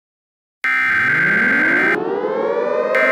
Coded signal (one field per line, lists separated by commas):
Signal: Emergency Alert System (SAME) tones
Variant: header bursts